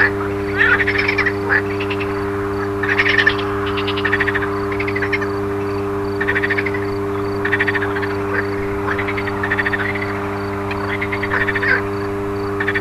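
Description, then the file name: Frogs produce distinct bursts of pulsed croaks spaced about a second apart, with a steady humming drone beneath. Frogs recorded alongside an electrical transformer's hum. "grenouilles et transformateur"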